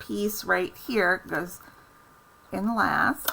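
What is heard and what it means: Someone talks while handling the last folded cardstock tab at the bottom of a treat box, getting it ready to push into its slot in the box base. Only speech is heard, with quiet pauses between phrases. Nothing has seated or clicked yet.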